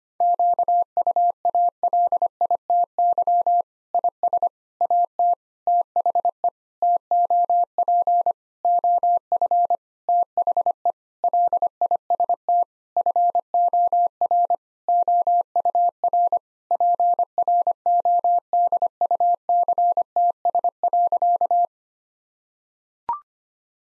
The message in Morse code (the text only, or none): QUALITY IS AT THE TOP OF THE LIST FOR OUR PRODUCTS.